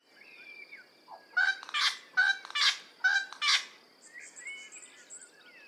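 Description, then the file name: Wattlebird giving loud, harsh, raucous cackling calls in a run of a few bursts, with softer squeaky notes before and after. "Anthochaera"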